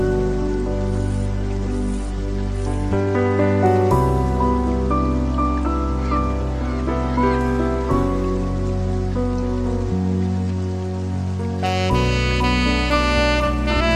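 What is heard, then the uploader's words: Smooth jazz plays at an even level, with sustained chords and a low bass line that shift every few seconds, notably near 4, 8 and 12 seconds. A steady soft hiss of rain runs underneath throughout, with the music brightening toward the end. Cloud Jazz Sessions Nº 1: Smooth Jazz & Rain.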